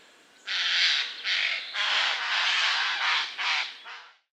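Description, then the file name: Eurasian jay uttering a near-continuous run of hoarse, rasping screeches, several joined bursts, fading at the end. "Garrulus glandarius"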